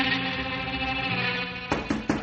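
A sustained, humming musical drone plays, then three heavy, loud knocks on a door land in quick succession at the end.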